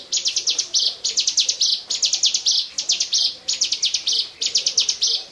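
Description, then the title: Bar-winged prinia delivering shrill clicking trills that finish in a rasping buzz, phrases following each other almost without pause. "Suara Burung Ciblek"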